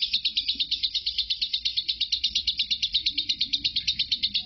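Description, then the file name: Lovebird chattering continuously in a fast, even series of high, buzzy pulses with no breaks. Lovebird Marco performing ngekek; the ngekek recording lasts 5 minutes 25 seconds. "suara burung lovebird Marco durasi ngekek"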